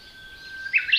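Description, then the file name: Bush warbler song, a sustained level whistle rising into a short, bright, higher twittering ending. Recorded April 2007. "bushwarbler-200704"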